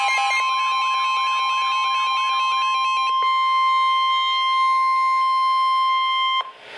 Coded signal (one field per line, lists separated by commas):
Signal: Emergency Alert System (SAME) tones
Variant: 1050 Hz attention tone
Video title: Severe Thunderstorm Warning #9 - 07/13/15 (EAS #923)